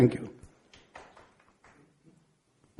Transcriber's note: applause